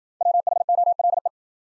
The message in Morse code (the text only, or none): WHOLE